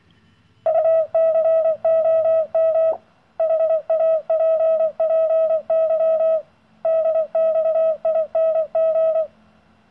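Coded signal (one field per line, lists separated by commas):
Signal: Morse code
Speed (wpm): 24 wpm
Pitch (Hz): 650 Hz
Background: none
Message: UCOM HAPPY DXING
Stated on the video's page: Homemade AM/CW transmitter and beacon, a modified Pixie, putting out about 300-400 milliwatts at 12 volts.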